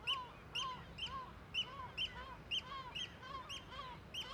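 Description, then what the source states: Gull calls, harsh notes repeated rhythmically. Cliff colony in a huge cirque above Viðarlundin forest, Kunoy, Faroe Islands; gulls alarmed by the recordist; quadraphonic recording with MixPre-6 II and DPA microphones.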